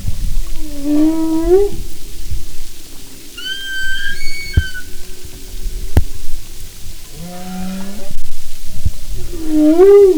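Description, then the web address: Humpback whale song units: harmonic moans rising in pitch, a higher wavering cry midway, and more upswept moans near the end, over low underwater rumble and clicks. "Sound and Marine Mammals humpback"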